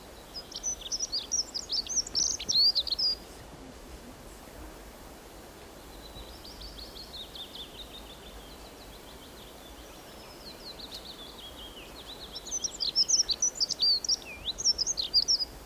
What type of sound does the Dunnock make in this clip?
song